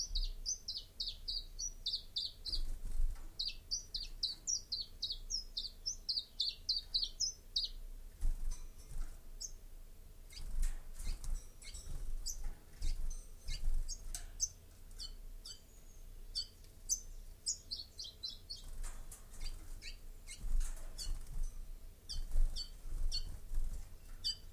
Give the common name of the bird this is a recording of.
Common Chiffchaff